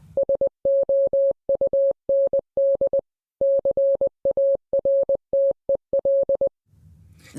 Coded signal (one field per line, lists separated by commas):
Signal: Morse code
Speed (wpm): 20 wpm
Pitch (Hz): 550 Hz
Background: none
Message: SOUND CARTEL